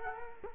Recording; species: mosquito wingbeat signal from an infrared sensor; Culex quinquefasciatus